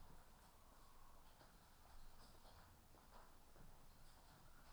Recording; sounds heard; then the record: poultry house recording; healthy chickens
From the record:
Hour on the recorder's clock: 13